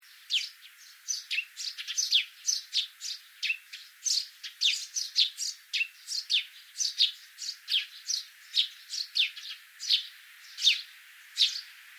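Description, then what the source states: Sparrows chattering continuously, dense overlapping chirps and tweets from several birds, lively and unbroken throughout. Several common sparrows.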